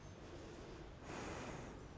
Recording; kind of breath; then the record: one breath in and out by a microphone near the nose and mouth; normal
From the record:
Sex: female